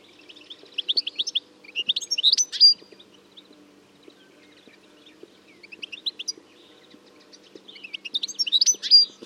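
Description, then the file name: European goldfinch giving bright, rapid tinkling twitters in several bursts separated by short pauses, over a soft low hum. "Carduelis carduelis"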